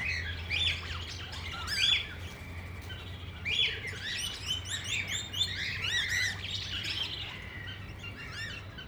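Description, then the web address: Parrots chirping and squeaking in rapid overlapping notes, several birds at once over a steady low hum. Parrots at Nyíregyháza Zoo, recorded in 2010 on the green pyramid. "nyiregyhazizoo 2010 standardt madarak papagajokazoldpiramistetejen"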